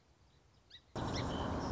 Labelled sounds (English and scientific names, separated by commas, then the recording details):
Song Sparrow (Melospiza melodia)
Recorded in Sonoma County, California